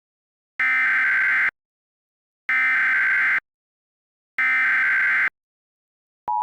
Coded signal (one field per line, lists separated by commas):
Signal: Emergency Alert System (SAME) tones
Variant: header bursts